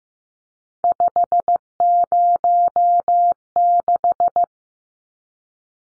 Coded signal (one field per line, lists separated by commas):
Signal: Morse code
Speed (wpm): 15 wpm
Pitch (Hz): 700 Hz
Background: none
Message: 506